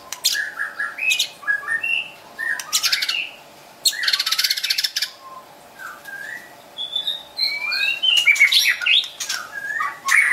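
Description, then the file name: White-rumped shama singing varied whistled phrases and chattering bursts, with scratchy noisy notes and bright high twitters near the end. Wild bird from a forest in Medan, singing actively (gacor). "suara burung murai batu hutan medan gacor"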